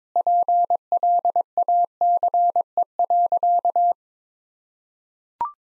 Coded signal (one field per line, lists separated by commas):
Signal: Morse code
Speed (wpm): 22 wpm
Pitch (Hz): 700 Hz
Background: none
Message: PLACE.